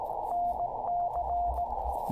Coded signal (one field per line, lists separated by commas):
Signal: Morse code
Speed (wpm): 19 wpm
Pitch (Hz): 700 Hz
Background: radio noise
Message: NC